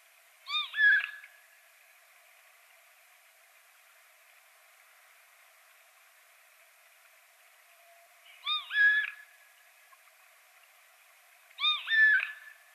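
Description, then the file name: Eurasian jay giving a nasal, mewing two-part call, heard three times with a long silent gap between the first and second, over faint steady background hiss. "Garrulus glandarius"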